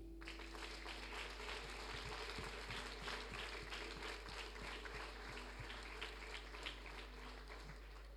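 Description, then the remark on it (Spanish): A workshop audience applauds steadily for several seconds to welcome a speaker, a dense patter of many hands clapping at once with sharper individual claps scattered throughout, under a constant low hum. “Bien, y le damos la bienvenida entonces con un fuerte aplauso.”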